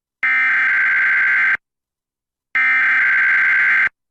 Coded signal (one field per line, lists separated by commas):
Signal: Emergency Alert System (SAME) tones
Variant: header bursts